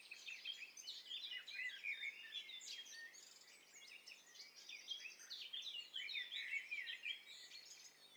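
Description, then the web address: Birds singing together: a dense tangle of high twittering, trilled and whistled phrases from several singers, continuous throughout. Many birds singing at once. "Hi Fi STEREO BIRD COCKTAIL PARTY Challenge"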